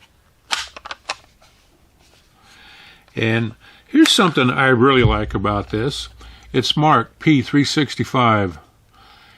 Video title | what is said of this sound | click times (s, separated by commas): My Top 5 Firearms for Concealed Carry - Home Protection - Truck Gun - Yes, I'm Very Well Protected! | Snaps into place. | 0.5 s